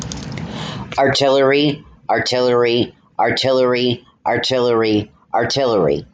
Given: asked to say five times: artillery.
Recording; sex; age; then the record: repeated word; male; 30 to 39 years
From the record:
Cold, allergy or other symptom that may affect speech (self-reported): no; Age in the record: 30 years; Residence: Arkansas, United States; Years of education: 11